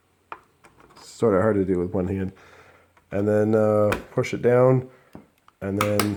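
A RAM memory module is lined up and pushed down evenly into the motherboard DIMM slot, and a sharp click at 0.3 s marks the retention clips on either side snapping into place. Someone talks through the rest of the clip, and the module ends up seated in the slot.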